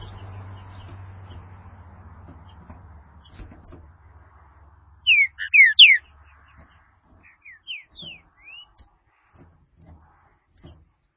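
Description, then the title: Green-winged saltator song: a loud burst of sliding whistles, then several softer slurred notes, after a low hum fades away. "Trinca Ferro"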